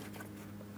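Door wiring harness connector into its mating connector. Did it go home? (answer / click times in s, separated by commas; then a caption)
no / none. A color-matched door wiring harness connector on a 2008-2016 Chrysler Town & Country is handled by hand near its mating connector during upper door hinge replacement. Only a steady low hum with faint rustling is heard, with no distinct click. Nothing has seated or clicked yet.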